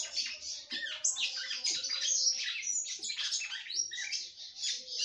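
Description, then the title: Red-cowled cardinal delivering a continuous rapid stream of whistled, slurred notes that rise and fall without a break. "Galo De Campina"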